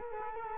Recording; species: mosquito wingbeat signal from an infrared sensor; Culex quinquefasciatus